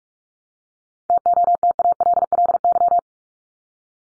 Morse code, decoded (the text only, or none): TOTALLY